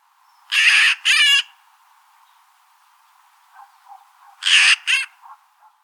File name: Corvus corone